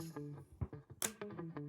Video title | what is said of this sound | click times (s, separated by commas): DJI OSMO ACTION 6 - Unboxing a prvé dojmy (1080p 60fps) | Krásne to cvaklo. | 1.0 s